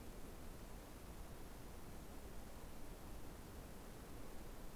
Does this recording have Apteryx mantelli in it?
no